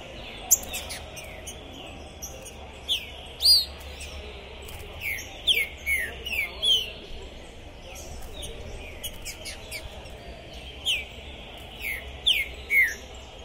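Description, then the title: Green-winged saltator: scattered groups of loud, ringing downslurred whistled notes, with frequent sharp high clicks in the background. Captive bird at a singing tournament in 2021, singing at the tournament entrance to warm up for the contest; described as calling, singing and 'macheando' (male display singing); style called 'pistoleiro'. "ESQUENTAR Seu TRINCA Piando, Cantando E Macheando Na DISPUTA. Esse TRINCA FERRO ficou POSSUÍDO na PORTA do TORNEIO! Trinca Ferro Pistoleiro 2021!"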